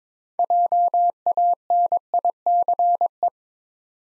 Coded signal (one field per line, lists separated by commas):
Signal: Morse code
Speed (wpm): 22 wpm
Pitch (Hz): 700 Hz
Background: none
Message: JANICE